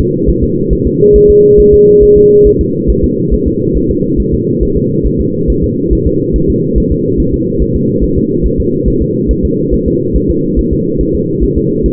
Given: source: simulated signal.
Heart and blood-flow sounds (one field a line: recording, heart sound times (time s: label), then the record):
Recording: fetal heart sounds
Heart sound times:
0.00 s: S2
0.29 s: S1
0.44 s: S2
0.73 s: S1
0.87 s: S2
1.16 s: S1
1.30 s: S2
1.60 s: S1
1.74 s: S2
2.03 s: S1
2.17 s: S2
2.47 s: S1
2.61 s: S2
2.90 s: S1
3.04 s: S2
3.33 s: S1
3.48 s: S2
3.77 s: S1
3.91 s: S2
4.20 s: S1
4.34 s: S2
4.63 s: S1
4.77 s: S2
5.06 s: S1
5.21 s: S2
5.50 s: S1
5.64 s: S2
5.93 s: S1
6.07 s: S2
6.36 s: S1
6.50 s: S2
6.78 s: S1
6.92 s: S2
7.20 s: S1
7.34 s: S2
7.62 s: S1
7.76 s: S2
8.04 s: S1
8.18 s: S2
8.46 s: S1
8.60 s: S2
8.88 s: S1
9.02 s: S2
9.31 s: S1
9.45 s: S2
9.74 s: S1
9.88 s: S2
10.16 s: S1
10.30 s: S2
10.59 s: S1
10.73 s: S2
11.01 s: S1
11.15 s: S2
11.44 s: S1
11.57 s: S2
11.86 s: S1
From the record:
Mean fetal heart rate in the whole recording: 140 bpm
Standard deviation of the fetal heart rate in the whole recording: 2 bpm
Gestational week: 34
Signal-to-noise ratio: -11.2 dB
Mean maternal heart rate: 72 bpm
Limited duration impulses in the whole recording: present